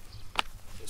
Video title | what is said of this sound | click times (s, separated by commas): Get Out Gear Trek Chair v2 | pop it in there you'll hear like a positive click and that's how you know that everything's locked together | 0.4 s